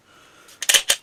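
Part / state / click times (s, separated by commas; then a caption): extended pistol magazine into pistol grip with add-on magwell / seated / 0.7 s. An extended magazine fitted with a Glock OEM +2 floor plate extension is inserted into the grip of a Glock 17L pistol fitted with a Magpul Enhanced Magwell, to check that the magazine catch locks it in place. After a quiet lead-in, a sharp metallic click at 0.7 s marks the magazine locking into the magwell, with further sharp clicks just before at 0.6 s and after at 0.9 s.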